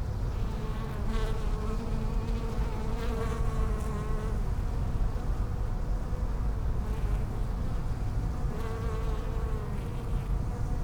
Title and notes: Hôpital Brugmann, Place Arthur Van Gehuchten, Bruxelles, Belgique - bees in the palliative care services garden. Bees in the lavender from the palliative care service's garden. Abeilles dans la lavande, jardin du service de soins palliatifs